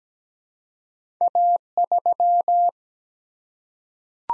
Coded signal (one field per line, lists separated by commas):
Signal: Morse code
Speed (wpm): 17 wpm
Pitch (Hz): 700 Hz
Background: none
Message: A3